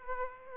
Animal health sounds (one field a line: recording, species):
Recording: mosquito wingbeat signal from an infrared sensor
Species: Aedes aegypti